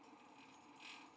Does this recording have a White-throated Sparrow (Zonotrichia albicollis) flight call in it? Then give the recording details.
no. No flight call is heard. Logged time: 09:22 on 5 December 2014